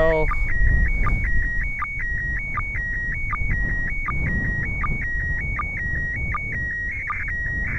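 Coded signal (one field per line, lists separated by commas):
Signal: SSTV (slow-scan television)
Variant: PD 180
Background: speech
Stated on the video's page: MAI-75 SSTV transmitted from the ISS, received during a pass over North America.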